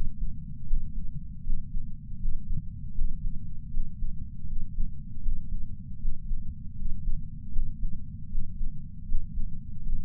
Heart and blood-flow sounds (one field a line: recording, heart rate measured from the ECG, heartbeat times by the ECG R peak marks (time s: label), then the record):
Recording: heart sounds by patch sensor on the chest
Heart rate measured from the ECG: 79 bpm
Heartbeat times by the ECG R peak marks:
0.67 s: heartbeat
1.44 s: heartbeat
2.19 s: heartbeat
2.95 s: heartbeat
3.71 s: heartbeat
4.47 s: heartbeat
5.22 s: heartbeat
5.99 s: heartbeat
6.76 s: heartbeat
7.52 s: heartbeat
8.29 s: heartbeat
9.06 s: heartbeat
9.83 s: heartbeat
From the record:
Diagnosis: coronary artery disease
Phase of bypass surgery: preoperative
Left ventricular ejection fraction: 66.3%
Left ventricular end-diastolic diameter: 44 mm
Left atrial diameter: 34 mm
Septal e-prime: 5.3 cm/s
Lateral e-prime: 9.3 cm/s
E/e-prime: 13.2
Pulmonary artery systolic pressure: 31 mmHg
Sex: male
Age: 76 years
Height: 164 cm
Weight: 75 kg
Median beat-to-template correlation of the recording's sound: 0.83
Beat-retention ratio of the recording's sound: 0.97